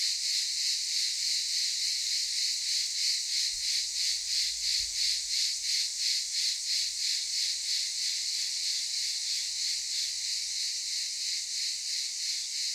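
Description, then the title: Cicadas in a loud, buzzy chorus with regular pulses, easing slightly toward the end, with a couple of low thumps early on. Cicadas calling in daytime at a camp in Çıralı, Kemer, Antalya, Turkey. "Ulupınar Mahallesi, Çıralı Yolu, 07980 Kemer/Antalya, Turkey - Cicadas daytime"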